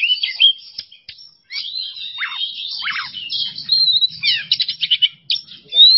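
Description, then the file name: Oriental magpie-robin song: loud, varied whistled phrases with sweeping rises and falls and quick buzzy notes, tumbling together almost without pause. Masteran (songbird training) recording of a kacer singing in the bongkar isian style, unloading its repertoire, in an emotional, worked-up state. "Masteran Kacer Bongkar Isian Emosi"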